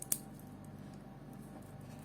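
The metal deployant clasp on the bracelet of an Omega Seamaster No Time to Die watch is opened by hand, giving a faint tick at 0.0 s and a sharp metallic click at 0.1 s. A low steady hum fills the rest of the clip, and the clasp is released open.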